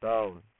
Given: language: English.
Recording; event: throat vibration sensor signal played as sound; speech